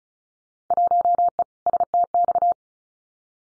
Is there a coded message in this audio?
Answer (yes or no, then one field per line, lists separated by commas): yes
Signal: Morse code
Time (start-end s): 0.7-2.5 s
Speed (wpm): 36 wpm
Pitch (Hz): 700 Hz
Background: none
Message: 1E STX